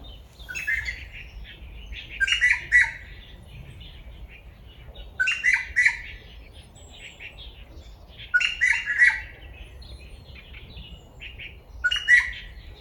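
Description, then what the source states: Grey treepie calls: harsh, clattering phrases mixed with clearer notes, repeated in several bursts against quiet low background noise. Recorded on 17 January 2022.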